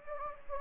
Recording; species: mosquito wingbeat signal from an infrared sensor; Anopheles gambiae